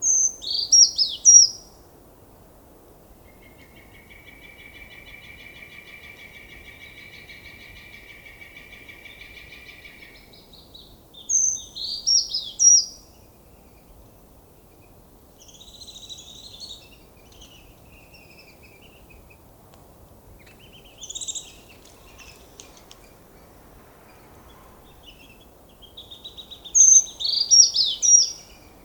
Brown Creeper song recorded in Upper Beaver Meadows in Rocky Mountain National Park.